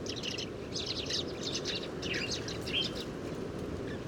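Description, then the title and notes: Sudan golden sparrows chirping, with many short high twittering notes overlapping in a busy flock chorus over a steady low background rumble. 7 March 2019, morning, at roost site, Oued Enoicre, Tagant, Mauritania; oasis; very common in oases, always in family flocks, gathering at evening roosts; Tlp7, MixPre 3. "Moineau doré ou Moineau jaune - Mauritanie. 7 mars 2019-Oued Enoicre - Tagant - Mauritanie. Le Moineau doré (Passer luteus). oasis. bande familiale. dortoir"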